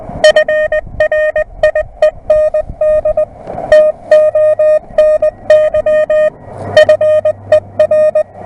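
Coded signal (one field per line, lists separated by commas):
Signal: Morse code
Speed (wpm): 20 wpm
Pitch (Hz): 610 Hz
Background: music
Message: FRIEND TONY FER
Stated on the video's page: Portable homebrew QRP CW station: YouKits HB-1B 5-watt five-band transceiver, homebrewed twin touch paddle and memory iambic keyer, lithium battery powered.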